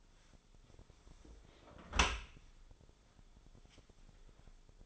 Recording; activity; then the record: daily activity, microphone in the room; close dishwasher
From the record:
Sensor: 5